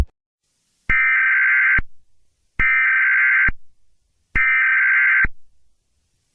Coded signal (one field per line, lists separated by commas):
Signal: Emergency Alert System (SAME) tones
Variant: header bursts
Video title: EAS Scenario/Analog) The Extreme Tornado